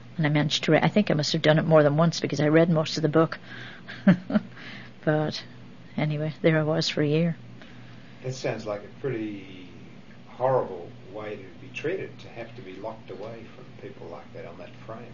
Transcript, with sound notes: Ad I managed to I think I must have done it more than once, because I read ,\most of the book. (She laughs.) But anyway there I was for a year.
That sounds like a pretty horrible way to be treated, to have to be locked away from people like that on that frame.